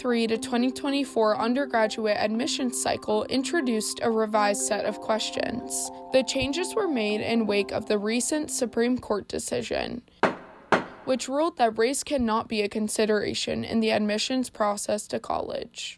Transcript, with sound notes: 2023-2024 UNDERGRADUATE ADMISSIONS CYCLE INTRODUCED A REVISED SET OF QUESTIONS. THE CHANGES WERE MADE IN WAKE OF THE RECENT SUPREME COURT DECISION,
[gavel sound]
WHICH RULED THAT RACE CANNOT BE A CONSIDERATION IN THE ADMISSIONS PROCESS TO COLLEGE.